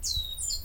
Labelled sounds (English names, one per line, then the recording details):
Stitchbird song
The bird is a male
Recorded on Tiritiri Matangi Island, New Zealand, in 2005
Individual 14, of nest box 20